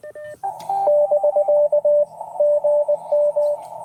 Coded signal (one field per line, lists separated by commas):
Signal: Morse code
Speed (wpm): 20 wpm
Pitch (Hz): 590 Hz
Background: radio noise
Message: <BK> GM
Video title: 🏞️ QRP CW POTA Activation at Hagerman NWR | Elecraft K2 + Packtenna EFHW QRP